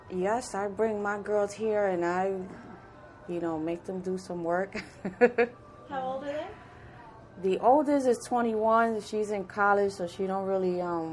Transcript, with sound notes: Yes, I bring my girls here and make them do some work [laughs]
How old are they?
The oldest is twenty-one. She’s in college, so she don’t really